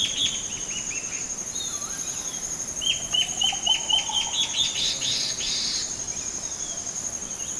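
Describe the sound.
Bird calls: a quick series of short, evenly spaced high notes, with a lower warbling trill beneath, over a constant high hiss.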